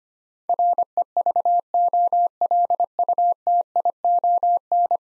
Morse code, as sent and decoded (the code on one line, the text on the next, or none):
.-. . ...- --- .-.. ..- - .. --- -.
REVOLUTION